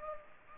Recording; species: mosquito wingbeat signal from an infrared sensor; Culex pipiens